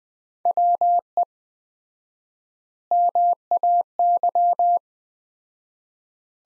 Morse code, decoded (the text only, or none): WE MAY